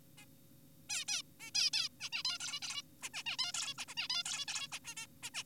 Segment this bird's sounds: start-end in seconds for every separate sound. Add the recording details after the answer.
0.18-0.25, 0.90-1.05, 1.08-1.22, 1.40-1.51, 1.55-1.70, 1.74-1.88, 2.00-2.10, 2.13-2.23, 2.25-2.38, 2.40-2.60, 2.62-2.82, 3.03-3.10, 3.14-3.23, 3.26-3.37, 3.39-3.52, 3.54-3.74, 3.78-3.85, 3.88-3.94, 3.97-4.08, 4.10-4.23, 4.26-4.45, 4.48-4.68, 4.72-4.79, 4.85-4.95, 4.97-5.06, 5.23-5.30, 5.34-5.43. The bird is an adult. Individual g4p5U